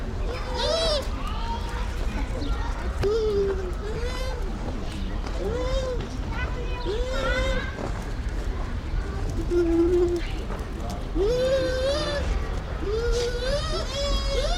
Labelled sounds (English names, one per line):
Bush Dog